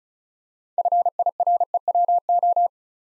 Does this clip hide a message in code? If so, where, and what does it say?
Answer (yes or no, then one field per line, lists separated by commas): yes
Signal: Morse code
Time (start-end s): 0.8-2.7 s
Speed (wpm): 35 wpm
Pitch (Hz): 700 Hz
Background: none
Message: FIREWO